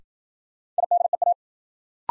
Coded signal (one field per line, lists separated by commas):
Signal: Morse code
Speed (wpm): 51 wpm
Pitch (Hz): 700 Hz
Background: none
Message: IDEA